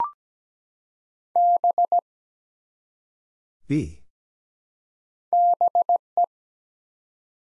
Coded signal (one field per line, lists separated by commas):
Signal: Morse code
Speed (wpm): 17 wpm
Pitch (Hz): 700 Hz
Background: none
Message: B BE